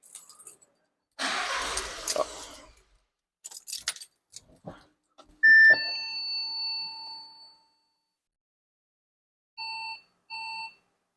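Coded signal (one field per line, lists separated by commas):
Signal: beep code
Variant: PSA parking sensor diagnostic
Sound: rustling and clicks, then one long beep, a pause, then two short beeps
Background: car cabin rustling, clicks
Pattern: 1 long, 2 short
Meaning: The second parking sensor is faulty or disconnected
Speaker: we should hear a long beep and then after a short break two beeps indicating the second sensor being f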